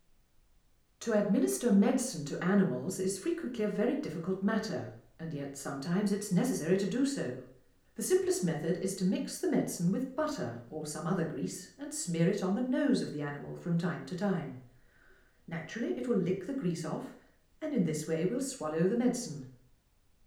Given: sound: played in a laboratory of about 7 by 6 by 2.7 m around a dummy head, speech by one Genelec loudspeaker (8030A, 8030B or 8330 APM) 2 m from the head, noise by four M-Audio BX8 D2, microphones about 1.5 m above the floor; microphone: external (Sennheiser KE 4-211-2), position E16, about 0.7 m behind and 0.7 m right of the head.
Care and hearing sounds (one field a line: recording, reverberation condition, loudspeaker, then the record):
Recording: female speech in English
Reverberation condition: medium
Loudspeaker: 60 degrees to the right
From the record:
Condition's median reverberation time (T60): about 510 ms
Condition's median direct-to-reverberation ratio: about -0.5 dB